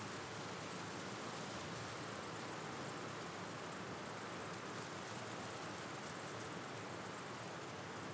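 Cricket chirps as fast, high-pitched pulses in sustained bursts, stopping briefly several times before resuming, with a soft background hiss.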